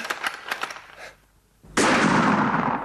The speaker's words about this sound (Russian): Стоп, надо им подать знак. Жаль, 3 выстрела, прям подряд.